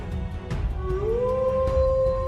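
A demon's eerie, drawn-out wailing scream, unceasing as a beam of golden light strikes it, rises in pitch and then holds a steady, piercing tone over a constant low rumbling background, with brief noisy bursts along the way.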